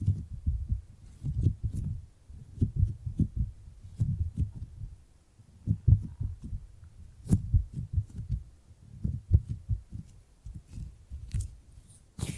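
Gripping and grabbing sounds come as a dense run of soft, low thuds and rubs, clustered in quick bursts with short pauses, especially near the middle. Occasional sharp clicks and crinkles cut through brightly, with a faint low hum underneath.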